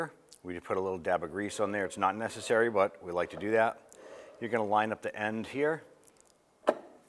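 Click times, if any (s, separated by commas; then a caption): 6.7 s. Someone talks while lining up the lightly greased end socket of a new hatch lift support on a 2011-2019 Ford Fiesta with its ball stud on the car body or hatch. At 6.7 s a single sharp snap is heard as the socket is pressed on by hand and the retaining clip snaps into position, seating the support so the clip holds it in place.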